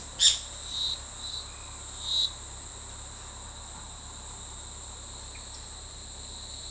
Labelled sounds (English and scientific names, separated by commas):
none